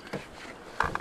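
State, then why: Seated. The rear seat cushion base of a small hatchback is flipped up into its raised storage position in the rear seat frame. After a soft thump near 0.1 s, it latches with a sharp click at 0.8 s, followed by two quicker rattling clicks around 1.0 s as it locks into place.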